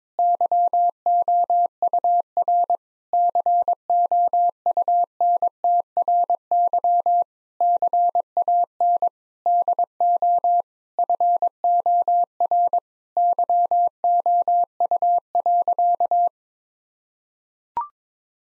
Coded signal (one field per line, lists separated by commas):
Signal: Morse code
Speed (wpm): 22 wpm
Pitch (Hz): 700 Hz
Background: none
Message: YOUR COUNTRY CAN DO FOR YOU.